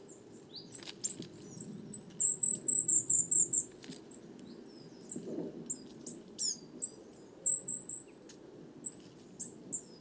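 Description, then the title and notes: Coal tit flock calls: many thin, very high, short notes tumbling over each other in busy bursts, with a low, steady rumble beneath. Foraging flock of over 50 coal tits; 29 September 2019, evening, Drôme, France; recorded in mono with a parabolic microphone; heavy handling noise. "Ronde de mésange noire. 29 septembre 2019-Les Casses - Drôme"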